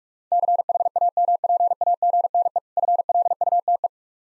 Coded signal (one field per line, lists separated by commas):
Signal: Morse code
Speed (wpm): 46 wpm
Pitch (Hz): 700 Hz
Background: none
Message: CHAMPAGNE FLUTE